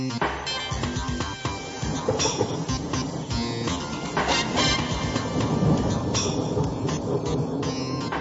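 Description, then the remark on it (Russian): A heavy, continuous rumble of thunder from a strong thunderstorm rolls on without a break, dense and loud, with crackling bursts and sharper cracks flaring up over the steady roar. No one speaks. “Набежали тучи. Началась сильная гроза.”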